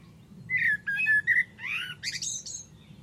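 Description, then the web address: Bird calls: several squawky notes followed by a rising, scratchy sweep and a burst of higher chattering notes. "cianscape birddata Deverinetal 2025 Bird Only Tu Me"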